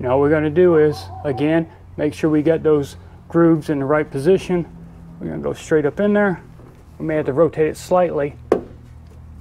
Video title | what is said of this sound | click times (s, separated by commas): 2019 and Newer Ram Diesel 6.7 Cummins rear fuel filter replacement | it snaps into place yeah we'll grab the cap so | 8.5 s